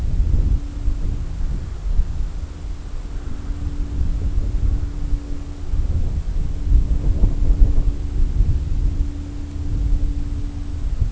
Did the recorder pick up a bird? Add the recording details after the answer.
no. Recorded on Arctic tundra, site CORI-1, on 20 June 2018. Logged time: 20:00